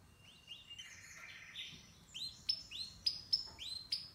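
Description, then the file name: Canary song: quiet thin whistled notes at first, then a series of sharp chirps in quick succession, over faint low background hiss. "Canary Voice"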